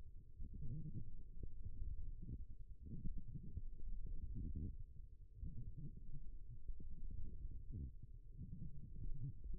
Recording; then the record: forearm muscle sounds (acoustic myography)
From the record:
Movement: forearm pronation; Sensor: system 1, eight BSWA MPA416 microphones around the upper forearm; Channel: 2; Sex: female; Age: 21 years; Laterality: right